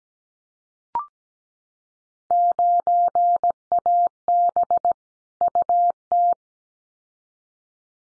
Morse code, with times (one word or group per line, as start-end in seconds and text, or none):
2.3-4.9 9AB
5.4-6.3 UT